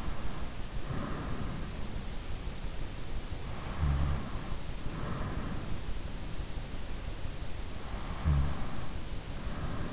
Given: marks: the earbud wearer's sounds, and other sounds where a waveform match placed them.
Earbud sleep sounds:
sounds in sleep by an in-ear microphone; breath, snoring breath
0.00-2.19 s: breath
3.51-5.24 s: snoring breath
7.98-9.69 s: snoring breath

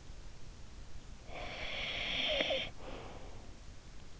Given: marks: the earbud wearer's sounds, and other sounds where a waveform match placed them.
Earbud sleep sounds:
sounds in sleep by an in-ear microphone; snoring breath
0.78-3.92 s: snoring breath

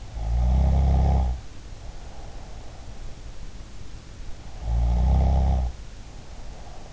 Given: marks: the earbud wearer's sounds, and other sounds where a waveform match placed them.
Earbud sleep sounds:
sounds in sleep by an in-ear microphone; snoring breath
0.05-2.66 s: snoring breath
4.41-6.93 s: snoring breath

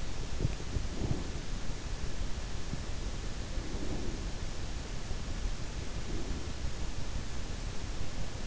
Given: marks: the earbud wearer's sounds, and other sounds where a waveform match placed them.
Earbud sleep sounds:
sounds in sleep by an in-ear microphone; teeth grinding, breath
0.21-1.28 s: teeth grinding
0.76-1.58 s: breath
3.28-4.43 s: breath
5.80-6.77 s: breath

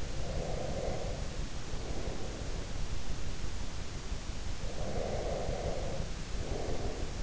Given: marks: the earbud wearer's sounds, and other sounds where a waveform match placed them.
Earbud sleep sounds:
sounds in sleep by an in-ear microphone; breath
0.03-2.66 s: breath
4.46-7.23 s: breath

